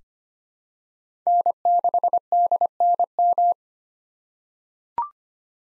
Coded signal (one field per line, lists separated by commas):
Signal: Morse code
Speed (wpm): 25 wpm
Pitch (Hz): 700 Hz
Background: none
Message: N6DNM